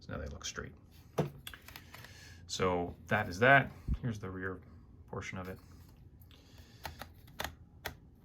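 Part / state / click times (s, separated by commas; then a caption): plastic wing hinge on a toy starfighter / seated / 6.8 s, 7.0 s, 7.4 s, 7.9 s. Someone talks while the plastic wings of a Star Wars Mission Fleet Gauntlet toy starfighter are moved through their hinge positions. The wing hinge gives a series of short clicks at 6.9, 7.0, 7.4, 7.4 and 7.9 seconds as it ratchets from one detent position to the next. Each click marks the joint seating into a detent.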